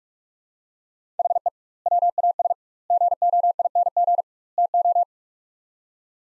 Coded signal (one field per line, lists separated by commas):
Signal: Morse code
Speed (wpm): 46 wpm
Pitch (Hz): 700 Hz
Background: none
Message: HE WAS GOING TO